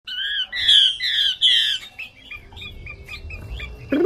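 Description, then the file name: Chinese hwamei singing loud, rich, slurred whistles in the first two seconds, then softer scattered chirps over a low rumbling background and a brief knock at the end. Female hwamei singing. "Tieng chim hoa mi mai hot"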